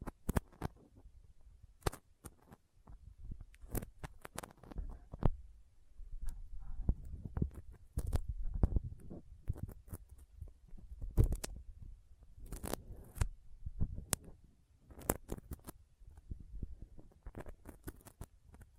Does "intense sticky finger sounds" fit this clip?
yes